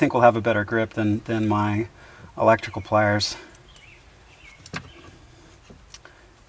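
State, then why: Seated. Someone talks, then a plastic wire-tap splice connector is pressed shut with pliers around a car wiring cable on a BMW F32 435i during installation of an aftermarket Inbay Qi wireless charger. A faint snap is heard at 4.8 s as the tab locks in, followed by a few soft clicks near 6.0 s. The connector is seated.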